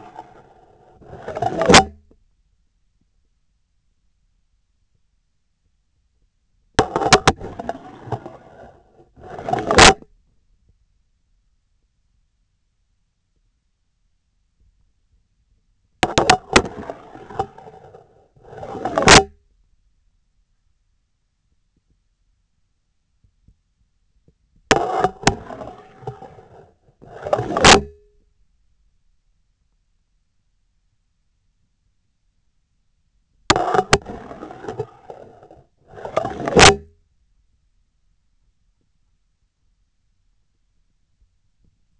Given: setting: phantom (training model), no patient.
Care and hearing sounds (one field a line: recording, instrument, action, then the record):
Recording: laparoscopic instrument, vibration sensor on the handle end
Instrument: scissors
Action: insertion and removal through the trocar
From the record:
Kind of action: spatial motion